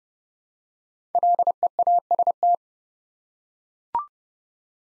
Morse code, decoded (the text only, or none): LEAST